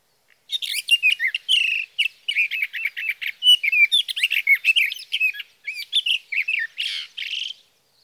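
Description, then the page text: Sage thrasher song: after a brief pause, a hurried stream of varied chirps, slurred whistles and buzzy notes runs on for about seven seconds, ending in a harsher burst. Male sage thrasher, Sierra Valley, California, June 12–15, 2018; from a set comparing his night songs, recorded by a Swift recorder near his night roost, with his day songs. "Birdsong for the Curious Naturalist: Explore #7. 61. Sage thrasher songs, through the night. from the evening of June 12 to the morning of June 15, 2018, in Sierra Valley, California"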